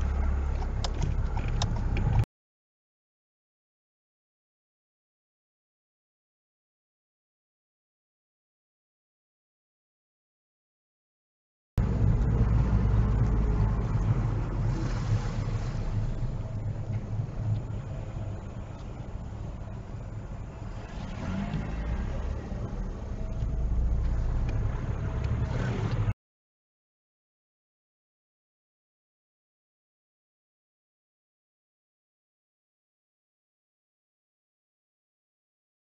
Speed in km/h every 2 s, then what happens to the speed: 10, 11, 21, 19, 19, 16, 13, 6, 5, 3, 5, 10, 11, 10, 11, 13, 13, 11.
0-5 speeds up to 21. 5-11 steady at about 19. 11-17 slows to 3. 17-23 speeds up to 11. 23-36 steady at about 11.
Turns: none.